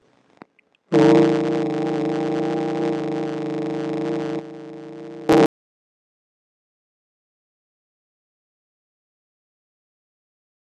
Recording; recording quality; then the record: sustained vowel as in boot; poor, much background noise or distortion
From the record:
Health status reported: healthy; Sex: male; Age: 33 years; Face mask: not worn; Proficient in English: yes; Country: India